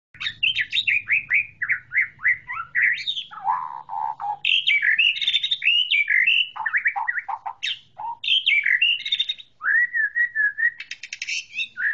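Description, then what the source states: White-rumped shama singing a rich, varied run of whistled and chattering phrases that jump between high and mid pitches, with a faint low hum underneath. Song-training (masteran) material for white-rumped shama.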